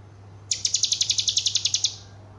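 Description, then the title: Horsfield's bush lark giving a rapid, even series of about thirteen high chirped notes lasting under two seconds, with a low hum behind. Called branjangan, a javanica bird singing its full repertoire of song material, described as outstanding. "Branjangan Istimewa Javanica Full Materi"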